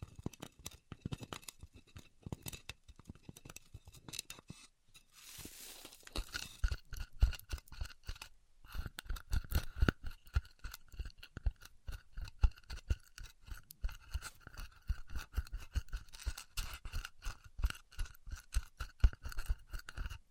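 Styrofoam heat cutting produces a dense run of fast, irregular crackles and scratchy snaps throughout. Around five seconds there is a brief hiss and pause, after which a steady thin whine joins the crackling and the snapping grows busier until the end.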